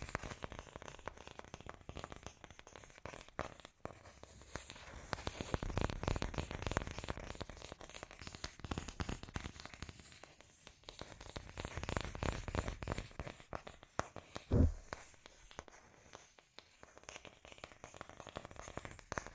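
Scratchy tapping goes on throughout as a dense, irregular patter of small dry clicks and rasping scrapes. It swells into busier, louder stretches around 5–9 and 12–14 seconds, with one sharp, heavier knock near 14.5 seconds, then thins and quiets toward the end.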